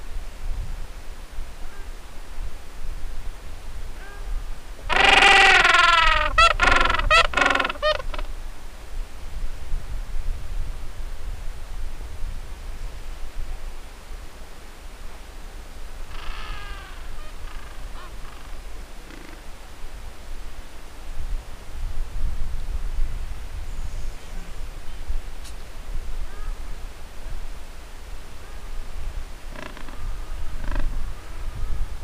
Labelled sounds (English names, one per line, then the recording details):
Gentoo Penguin
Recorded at the colony at Cape Tuxen, Antarctica, on 4 January 2015
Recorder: Song Meter SM2+